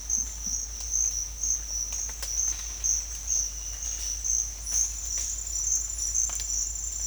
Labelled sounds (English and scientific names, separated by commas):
none